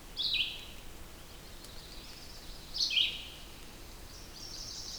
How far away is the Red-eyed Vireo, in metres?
about 10 m